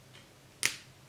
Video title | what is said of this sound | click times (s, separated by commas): HOW TO: Keyboard Repair / Change Keyboard Layout - Replace Keys @ HP Probook [English] | top it's already clicked and then on the bottom it | 0.6 s